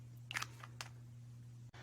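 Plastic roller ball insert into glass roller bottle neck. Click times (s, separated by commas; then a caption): 0.3 s, 0.8 s. A plastic roller ball insert is pressed into the neck of a 10 ml glass roller bottle, and it snaps into place. Two sharp clicks sound at 0.3 s and 0.8 s over a steady low hum, and the roller ball top is seated in the bottle.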